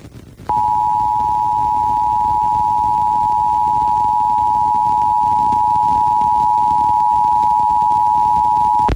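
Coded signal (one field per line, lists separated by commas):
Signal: Emergency Alert System (SAME) tones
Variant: 853 and 960 Hz attention tone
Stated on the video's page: Oregon statewide required monthly test relayed by an FM station, recorded from a stereo with a portable audio recorder.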